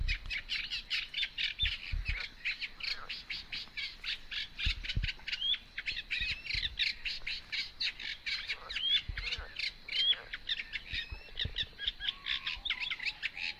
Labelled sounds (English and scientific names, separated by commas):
Eurasian Reed Warbler (Acrocephalus scirpaceus) song